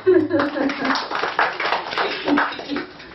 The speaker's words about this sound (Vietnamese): Rất là hay, cho chàng vỗ tay đi.